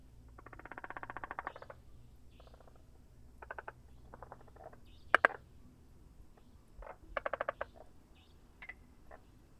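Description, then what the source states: Frog croaking: short bursts of rapid pulsed rattles separated by pauses, with a few sharp clicks and a low background hum. Recorded 6 April 2019.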